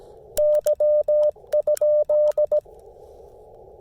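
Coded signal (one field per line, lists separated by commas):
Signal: Morse code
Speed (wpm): 17 wpm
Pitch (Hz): 600 Hz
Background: none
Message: Y?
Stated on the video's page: CW on a POTA park activation using the Chameleon Tactical Delta Loop antenna.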